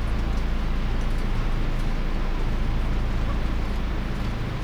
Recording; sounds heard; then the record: poultry house recording; healthy chickens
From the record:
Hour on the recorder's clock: 21